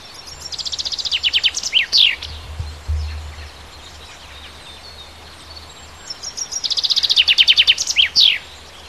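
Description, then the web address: Bird song: a bright, accelerating trill of descending notes ending in a quick flourish, given twice about six seconds apart, over steady low background hum. Native bird of the forest, recorded in March. "wald-1 vogel maerz vogel m 3 1 1 heimisch"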